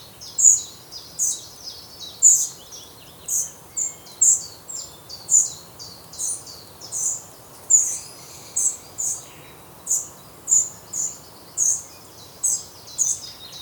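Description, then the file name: Eurasian wren giving a long, steady run of shrill chipping calls, each with a short buzzy tail. "Troglodytes troglodytes"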